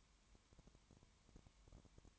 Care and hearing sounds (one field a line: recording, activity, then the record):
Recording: daily activity, microphone in the room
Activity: no activity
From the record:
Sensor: 3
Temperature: 20.1 degrees Celsius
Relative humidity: 31.4%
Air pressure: 1001.3 hPa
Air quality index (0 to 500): 74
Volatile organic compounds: 1 ppm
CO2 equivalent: 696 ppm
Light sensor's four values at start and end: 2/3/2/2 and 2/3/2/2